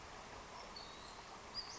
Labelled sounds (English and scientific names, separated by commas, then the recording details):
Western Flycatcher (Empidonax difficilis)
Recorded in Sonoma County, California